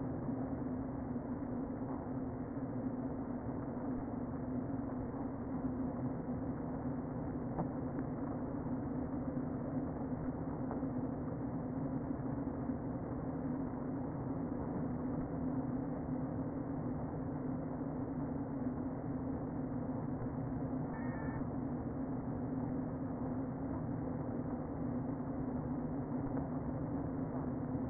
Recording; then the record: honeybee colony, microphone inside the hive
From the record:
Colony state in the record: queen present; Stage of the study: before two queens were removed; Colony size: about 60,000 bees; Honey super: yes